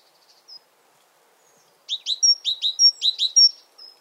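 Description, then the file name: Great tit singing a brief run of ringing, repeated high notes, preceded by faint soft calls. "Parus major"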